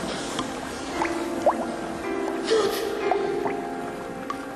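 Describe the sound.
Water sloshes and splashes steadily as someone wades through a river, with a few brief gurgles and drips over a constant wash; a voice speaks a single short word.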